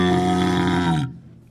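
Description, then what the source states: Walrus grunting roar, one deep harmonic-rich bellow held for about a second, then cut off abruptly into quiet. Recorded 20 August 2010.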